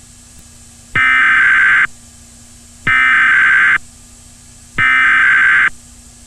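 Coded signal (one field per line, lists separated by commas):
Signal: Emergency Alert System (SAME) tones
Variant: header bursts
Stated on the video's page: Mock, hypothetical EAS storm warning for Loving County, Texas.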